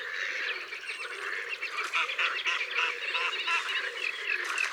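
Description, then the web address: Mallard calls: a dense, continuous chorus of harsh, overlapping nasal calls from several birds, with no pause throughout. "Canard-colvert abc-de-la-nature"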